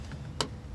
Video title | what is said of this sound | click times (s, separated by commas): How To Remove 2020 GMC® Sierra® Side Fender Emblems - 2500 and 3500 Duramax® | That's it right there. Pop it out, hold it with your finger. | 0.4 s